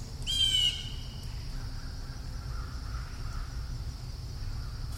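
Bird giving a single harsh, buzzy squawk near the start, over a steady high hiss and low rumble.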